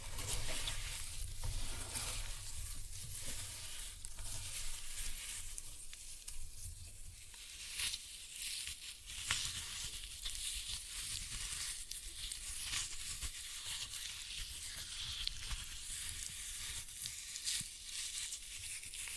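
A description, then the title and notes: Floral foam being crushed gives a dense, continuous crackling hiss, bright and grainy, with low thumps early on and brief sharper crunches throughout. Floral Foam Glitter Bomb Crushing.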